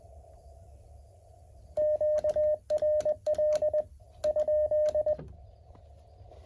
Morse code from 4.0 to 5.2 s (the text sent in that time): ?